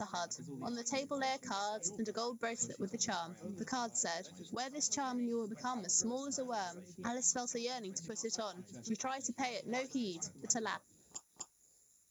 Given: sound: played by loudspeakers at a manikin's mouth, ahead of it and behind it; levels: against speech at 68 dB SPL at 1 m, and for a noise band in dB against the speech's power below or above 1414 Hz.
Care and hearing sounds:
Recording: test signals for a remote microphone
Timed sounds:
0.00-10.77 s: woman speaking, babble ahead at +6 dB SNR for speech at 1 m
11.14 s: click
11.39 s: click
From the record:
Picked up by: remote microphone A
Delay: 47 ms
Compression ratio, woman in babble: 7.77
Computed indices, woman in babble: HASPI 0.969, HASQI 0.340 (non-linear 0.394, linear 0.863), ESTOI 0.759

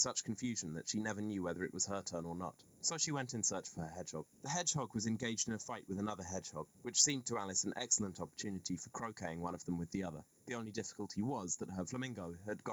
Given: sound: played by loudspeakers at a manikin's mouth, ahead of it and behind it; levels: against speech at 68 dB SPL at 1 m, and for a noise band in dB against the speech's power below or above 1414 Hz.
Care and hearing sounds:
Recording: test signals for a remote microphone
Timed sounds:
0.00-12.73 s: man speaking
From the record:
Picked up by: remote microphone A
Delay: 47 ms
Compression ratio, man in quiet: 8.14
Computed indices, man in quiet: SII 0.991, HASPI 1.000, HASQI 0.503 (non-linear 0.584, linear 0.862), ESTOI 0.841

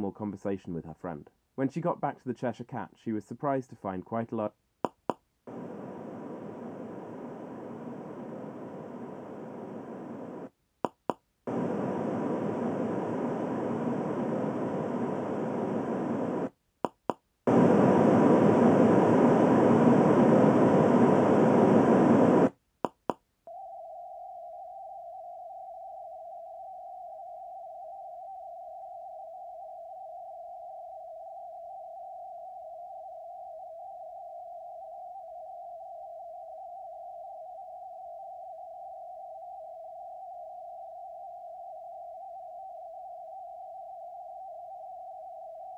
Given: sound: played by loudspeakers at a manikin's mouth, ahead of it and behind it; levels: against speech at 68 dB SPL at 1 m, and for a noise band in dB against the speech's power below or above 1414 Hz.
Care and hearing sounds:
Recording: test signals for a remote microphone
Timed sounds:
0.00-4.47 s: man speaking
4.85 s: click
5.10 s: click
5.47-10.47 s: speech-spectrum noise, -10 dB
10.85 s: click
11.10 s: click
11.47-16.47 s: speech-spectrum noise, 0 dB
16.85 s: click
17.10 s: click
17.47-22.47 s: speech-spectrum noise, +10 dB
22.85 s: click
23.10 s: click
23.47-45.78 s: noise band at 707 Hz, as loud as that band is in speech
From the record:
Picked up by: measurement microphone

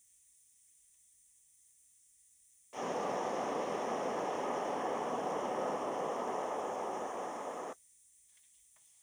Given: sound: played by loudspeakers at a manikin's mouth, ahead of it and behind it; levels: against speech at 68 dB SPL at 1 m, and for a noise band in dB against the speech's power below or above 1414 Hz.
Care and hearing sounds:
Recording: test signals for a remote microphone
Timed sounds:
2.73-7.73 s: speech-spectrum noise from the mouth, turned 45 degrees right
From the record:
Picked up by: remote microphone D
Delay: 24 ms

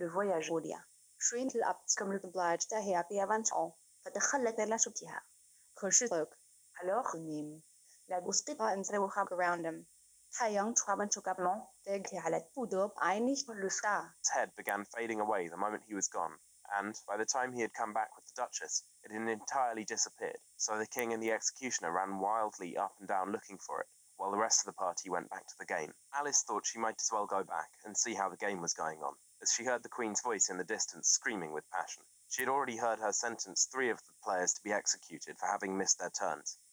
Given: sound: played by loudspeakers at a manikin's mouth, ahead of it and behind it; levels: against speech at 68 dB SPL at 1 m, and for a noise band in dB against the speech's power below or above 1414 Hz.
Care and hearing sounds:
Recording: test signals for a remote microphone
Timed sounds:
0.00-14.23 s: speech test signal (ISTS)
14.23-36.73 s: man speaking
From the record:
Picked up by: remote microphone C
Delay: 23 ms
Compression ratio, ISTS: 1.61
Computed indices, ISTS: SII 0.995, HASPI 0.979, HASQI 0.323 (non-linear 0.389, linear 0.829), ESTOI 0.816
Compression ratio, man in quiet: 1.79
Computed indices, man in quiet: SII 0.993, HASPI 0.992, HASQI 0.254 (non-linear 0.305, linear 0.832), ESTOI 0.734

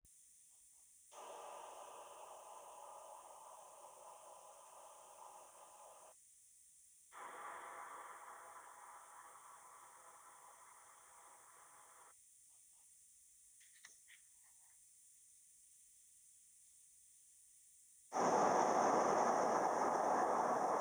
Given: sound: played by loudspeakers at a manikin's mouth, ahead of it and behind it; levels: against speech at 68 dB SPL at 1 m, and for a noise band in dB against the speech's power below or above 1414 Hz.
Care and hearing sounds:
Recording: test signals for a remote microphone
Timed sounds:
1.11-6.11 s: speech-spectrum noise from ahead
7.11-12.11 s: speech-spectrum noise from behind
18.11-20.81 s: speech-spectrum noise from the mouth, turned 45 degrees left
From the record:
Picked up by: remote microphone B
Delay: 24 ms

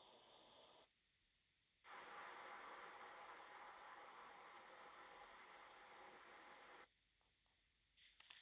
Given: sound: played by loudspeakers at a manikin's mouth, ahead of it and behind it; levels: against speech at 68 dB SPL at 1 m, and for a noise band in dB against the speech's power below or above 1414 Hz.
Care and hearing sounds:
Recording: test signals for a remote microphone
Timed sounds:
0.00-0.84 s: speech-spectrum noise from ahead
1.84-6.84 s: speech-spectrum noise from behind
From the record:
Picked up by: remote microphone D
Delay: 24 ms

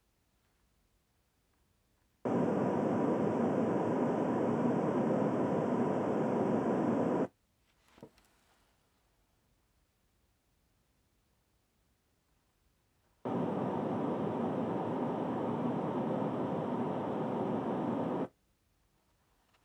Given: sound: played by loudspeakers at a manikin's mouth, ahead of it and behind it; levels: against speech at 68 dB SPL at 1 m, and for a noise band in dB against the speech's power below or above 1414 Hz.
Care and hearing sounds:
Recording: test signals for a remote microphone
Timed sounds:
2.25-7.25 s: speech-spectrum noise from the mouth, facing ahead
13.25-18.25 s: speech-spectrum noise from the mouth, turned 45 degrees right
From the record:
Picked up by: measurement microphone

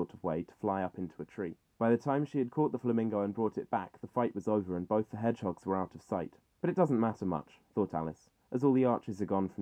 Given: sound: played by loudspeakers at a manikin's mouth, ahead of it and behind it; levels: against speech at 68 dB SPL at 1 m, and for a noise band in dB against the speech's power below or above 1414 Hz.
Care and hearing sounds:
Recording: test signals for a remote microphone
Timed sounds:
0.00-9.62 s: man speaking
From the record:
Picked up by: measurement microphone

